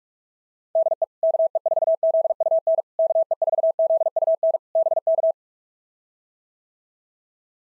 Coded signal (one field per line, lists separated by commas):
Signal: Morse code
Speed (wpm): 44 wpm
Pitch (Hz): 650 Hz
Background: none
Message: DE KE4ZUN KE4ZUN BK